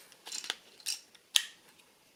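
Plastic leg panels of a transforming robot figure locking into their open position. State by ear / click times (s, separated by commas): seated / 1.4 s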